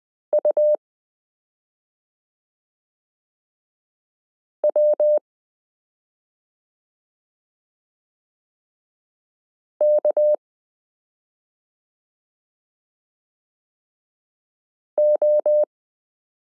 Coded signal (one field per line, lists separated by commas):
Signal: Morse code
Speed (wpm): 20 wpm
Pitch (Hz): 600 Hz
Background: none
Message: U W K O